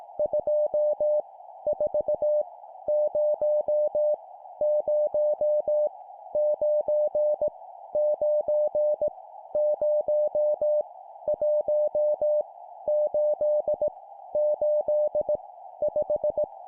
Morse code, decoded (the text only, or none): 2 4 0 0 9 9 0 1 8 8 5